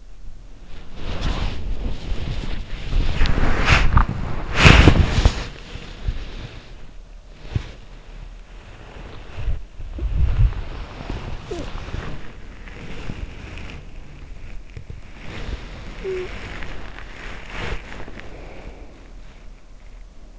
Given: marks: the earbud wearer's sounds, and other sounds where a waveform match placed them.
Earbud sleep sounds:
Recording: sounds in sleep by an in-ear microphone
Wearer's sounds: body movement, talking in sleep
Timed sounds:
0.00-20.39 s: body movement
11.29-11.84 s: talking in sleep
15.93-16.46 s: talking in sleep

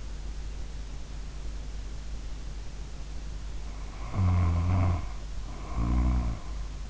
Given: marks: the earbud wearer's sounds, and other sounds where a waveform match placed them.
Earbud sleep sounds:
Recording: sounds in sleep by an in-ear microphone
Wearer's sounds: snoring breath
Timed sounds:
3.55-6.90 s: snoring breath

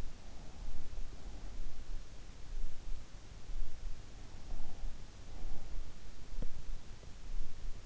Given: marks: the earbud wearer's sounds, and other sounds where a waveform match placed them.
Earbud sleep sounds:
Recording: sounds in sleep by an in-ear microphone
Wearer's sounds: breath, teeth grinding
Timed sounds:
0.00-1.95 s: breath
4.21-6.06 s: breath
5.95-7.12 s: teeth grinding

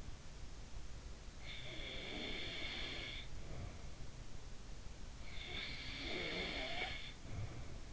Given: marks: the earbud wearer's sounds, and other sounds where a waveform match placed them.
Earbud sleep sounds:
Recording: sounds in sleep by an in-ear microphone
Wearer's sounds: breath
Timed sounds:
0.73-3.88 s: breath
4.96-7.93 s: breath

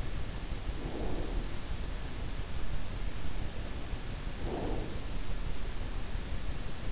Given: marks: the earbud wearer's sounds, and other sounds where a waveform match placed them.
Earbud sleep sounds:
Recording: sounds in sleep by an in-ear microphone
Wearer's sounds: breath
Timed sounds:
0.77-1.45 s: breath
4.32-5.03 s: breath

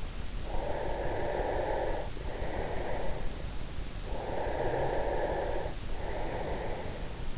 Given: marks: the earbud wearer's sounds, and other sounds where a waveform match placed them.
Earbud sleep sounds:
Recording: sounds in sleep by an in-ear microphone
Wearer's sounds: breath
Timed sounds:
0.51-3.38 s: breath
3.75-7.38 s: breath

